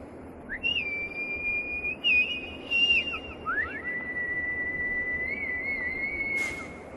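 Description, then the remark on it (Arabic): A thin, steady, faint whistle, like an agreed signal call, sounds on a deserted seashore with waves. It holds a high pitch for several seconds, then dips and slides into a slightly lower sustained tone, over a low rumbling background wash with no talking. “يسمع صفير خافت كما لو كان نداء متفقا عليه.”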